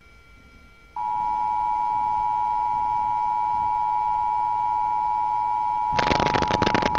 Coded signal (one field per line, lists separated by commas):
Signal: Emergency Alert System (SAME) tones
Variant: 853 and 960 Hz attention tone